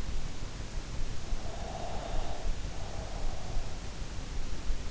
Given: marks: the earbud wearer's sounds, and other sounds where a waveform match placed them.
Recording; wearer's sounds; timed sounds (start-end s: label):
sounds in sleep by an in-ear microphone; breath
1.38-3.65 s: breath